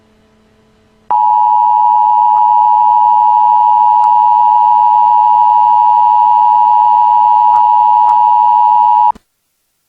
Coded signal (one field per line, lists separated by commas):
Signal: Emergency Alert System (SAME) tones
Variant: 853 and 960 Hz attention tone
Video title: EAS Alert: Missile crisis in lylat